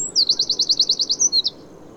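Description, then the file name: Eurasian wren song: a fast, loud, high-pitched trill of about ten even notes lasting about a second, ending with a couple of sharper notes. "Troglodytes troglodytes"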